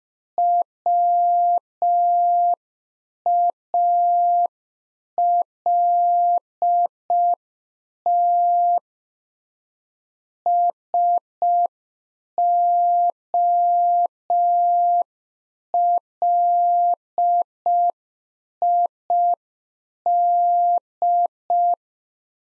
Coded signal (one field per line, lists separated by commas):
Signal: Morse code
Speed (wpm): 5 wpm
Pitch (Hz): 700 Hz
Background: none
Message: WALT SOLID